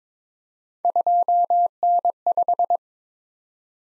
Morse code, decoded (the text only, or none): 2N5